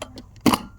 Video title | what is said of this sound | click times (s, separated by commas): eufy g32 pro @Anker_eufy ( Robot vacuum) | Then you're gonna push this, and then when you hear a click like this, that means that you're done. | 0.5 s